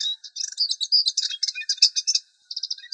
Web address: Sylvia cantillans